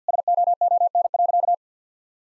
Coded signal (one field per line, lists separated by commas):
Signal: Morse code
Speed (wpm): 50 wpm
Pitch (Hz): 700 Hz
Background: none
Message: SOON.